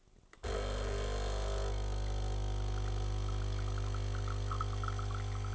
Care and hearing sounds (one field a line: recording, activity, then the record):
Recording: daily activity, microphone in the room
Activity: make coffee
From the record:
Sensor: 4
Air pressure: 1015.5 hPa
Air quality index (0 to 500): 190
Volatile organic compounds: 9 ppm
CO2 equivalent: 2126 ppm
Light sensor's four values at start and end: 5/10/4/3 and 5/10/4/3